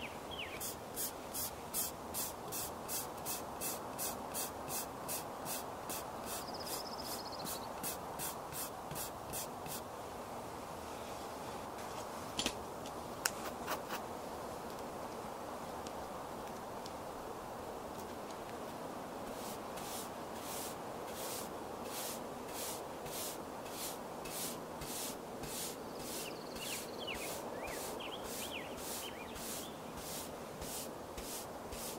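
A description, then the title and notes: Makeup being done outside over a steady outdoor hush, with quick regular high ticking for the first ten seconds and again after twenty. Doing Your Makeup Outside on a Sunny Day.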